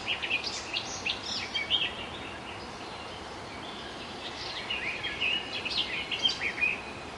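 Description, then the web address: Garden warbler song in hurried, scratchy warbled bursts, one near the start and another in the second half, with a constant hiss underneath. At Zakole Wawerskie, Poland. "zakole-wawerskie gajowka"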